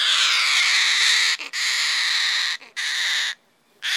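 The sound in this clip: Goffin's cockatoo screeching loudly, a long harsh scream followed by two shorter ones with brief breaks, then a new screech starting at the end.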